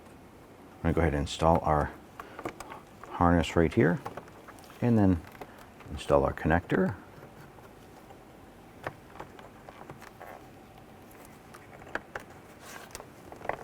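Someone talks while installing the engine harness on a 2012–2017 Toyota Camry during a drive belt kit replacement, then a plastic electrical connector on the harness is handled and pushed toward its mating socket in the component. Light taps and handling noises follow, with a few sharper ticks near the end. The connector has not snapped into place yet, and nothing has seated.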